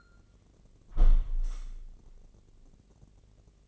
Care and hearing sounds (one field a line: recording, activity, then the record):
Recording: daily activity, microphone in the room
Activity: close window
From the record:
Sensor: 4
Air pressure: 1013.1 hPa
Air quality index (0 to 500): 165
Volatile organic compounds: 2 ppm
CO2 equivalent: 1041 ppm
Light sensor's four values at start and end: 37/92/37/39 and 38/93/38/39